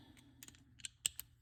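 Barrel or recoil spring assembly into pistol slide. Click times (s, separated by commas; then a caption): 1.1 s. During reassembly of a Glock 19/17/26 pistol slide (upper), after the barrel was taken out, a part, most likely the barrel or recoil spring assembly, is pressed into the slide. Soft taps and clicks at about 0.4 s and 0.8 s lead to a sharp, loud click at 1.1 s, followed by a lighter click at 1.2 s. The part snaps into place and is confirmed seated.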